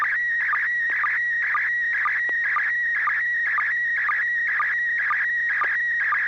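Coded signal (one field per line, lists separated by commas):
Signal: SSTV (slow-scan television)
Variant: PD120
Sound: warbling, chirping tone scanning up and down with a rhythmic tick twice a second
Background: low steady hum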